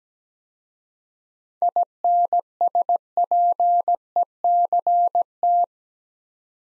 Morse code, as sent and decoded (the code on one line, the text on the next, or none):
.. -. ... .--. . -.-. -
INSPECT